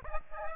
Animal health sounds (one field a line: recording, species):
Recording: mosquito wingbeat signal from an infrared sensor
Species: Aedes aegypti